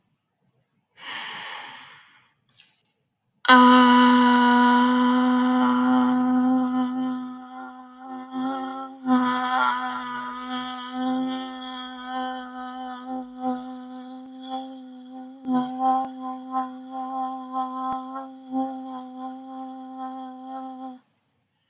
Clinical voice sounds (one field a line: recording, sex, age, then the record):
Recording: vowel held as long as possible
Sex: female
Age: 20 to 29 years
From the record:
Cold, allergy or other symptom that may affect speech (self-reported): no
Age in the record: 22 years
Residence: Alabama, United States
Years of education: 12